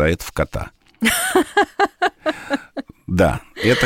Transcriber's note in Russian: Смеются